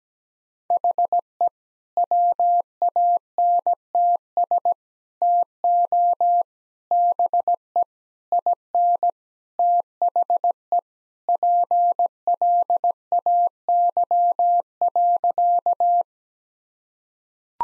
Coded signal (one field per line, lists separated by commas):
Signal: Morse code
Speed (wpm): 17 wpm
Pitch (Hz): 700 Hz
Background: none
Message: HE WANTS TO BE IN THE PLAY.